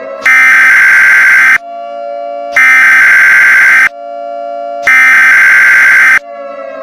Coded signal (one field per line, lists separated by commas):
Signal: Emergency Alert System (SAME) tones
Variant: header bursts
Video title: Radioactive Holiday: A Christmas in July EAS Mock